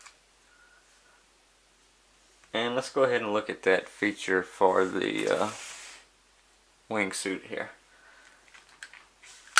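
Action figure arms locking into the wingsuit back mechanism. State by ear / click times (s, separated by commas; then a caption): seated / 9.6 s. Someone talks while handling a plastic TMNT 2 Out of the Shadows Raphael action figure with a wingsuit, whose arms are pushed down into the wingsuit back mechanism. After the talking and some quiet handling noise, a sharp, loud snap at 9.6 s marks the arms locking into place.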